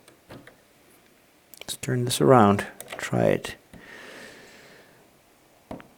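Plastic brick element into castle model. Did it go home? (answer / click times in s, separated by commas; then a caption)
no / none. Someone talks while turning a plastic brick element around and trying again to fit it into a castle model. Faint, light plastic taps follow near the end. The piece still fails to seat, and nothing has clicked into place yet.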